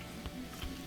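A ribbon cable is handled at the black plastic connector box on a Samsung range control circuit board, where it will be pushed in and the small top of the box pressed in about a sixteenth of an inch to lock the cable. Over a steady low background, soft taps are heard, the most distinct near 0.3 s and another around 0.6 s. Nothing has seated or clicked yet.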